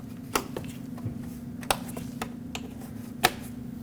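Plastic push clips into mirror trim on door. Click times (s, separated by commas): 0.4 s, 1.7 s, 3.2 s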